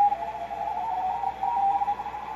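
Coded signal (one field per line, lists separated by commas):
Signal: RTTY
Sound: rapidly warbling tone near 800 Hz flipping between two close pitches, under hiss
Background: radio static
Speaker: so we're on 80 meters right now that 3.593 [Music] maybe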